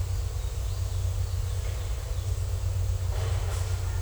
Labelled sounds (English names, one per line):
none